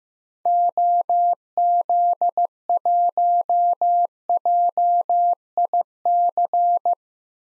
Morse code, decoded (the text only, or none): OZ1JIC